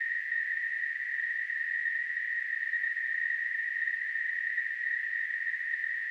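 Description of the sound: A steady, unbroken hissing ring pitched around 2 kHz holds at an even level for about six seconds with no pauses. It is a simulated sample of tinnitus, the constant ringing or hissing some people hear without an outside source.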